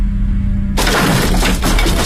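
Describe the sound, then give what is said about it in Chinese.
After a low, quiet hum, a wooden office door is suddenly rammed and smashed in by a person with a loud, sharp crash that breaks into a sustained burst of splintering and cracking debris as wood splinters fly into the room. “突然，巨大的噪音伴随着飞泻的木片在房间内炸裂，办公室的门碎了，被人硬生生地撞碎了。”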